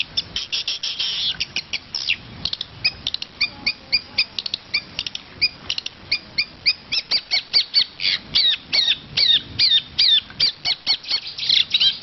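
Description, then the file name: Long-tailed shrike song, a long run of rapid chirps and twangy double notes, mixed with brief harsh chatter. Varied song with imitations of other birds, in the 'isian' fill-in song style. "suara cendet isian variasi"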